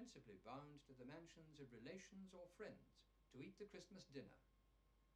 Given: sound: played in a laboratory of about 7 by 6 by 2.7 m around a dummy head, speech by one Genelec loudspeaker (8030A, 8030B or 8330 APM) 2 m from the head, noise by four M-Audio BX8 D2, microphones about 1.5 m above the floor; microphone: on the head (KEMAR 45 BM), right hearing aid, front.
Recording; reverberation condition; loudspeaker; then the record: male speech in English; low; in front (0 degrees)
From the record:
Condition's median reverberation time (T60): about 310 ms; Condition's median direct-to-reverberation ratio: about 3.5 dB